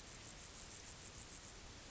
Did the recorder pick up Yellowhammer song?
no